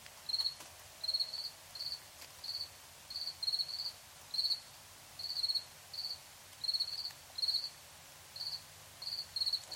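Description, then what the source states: Cricket chirping, many high pulsed bursts in a steady series, over light background hiss. Crickets chirping at night in Tiny, Ontario.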